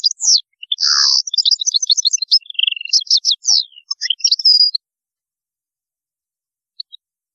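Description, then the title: European goldfinch song: a rapid tumbling twitter of high liquid and buzzy notes for about five seconds, then quiet with a couple of faint chirps near the end. "Chant Chardonneret"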